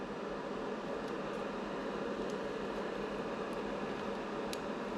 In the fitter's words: and they just clicked around boom